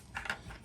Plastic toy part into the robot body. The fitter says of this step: make sure that locks into place